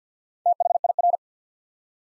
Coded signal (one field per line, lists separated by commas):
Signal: Morse code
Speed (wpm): 50 wpm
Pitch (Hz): 700 Hz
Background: none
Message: THIR